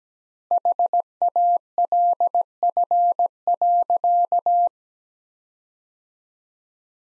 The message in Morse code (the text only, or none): HALF.